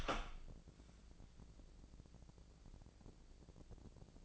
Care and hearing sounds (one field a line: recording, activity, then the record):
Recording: daily activity, microphone in the room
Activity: open door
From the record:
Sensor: 5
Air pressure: 1012.4 hPa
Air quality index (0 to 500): 162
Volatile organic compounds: 2 ppm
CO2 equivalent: 1100 ppm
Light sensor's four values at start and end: 153/371/155/168 and 159/385/160/175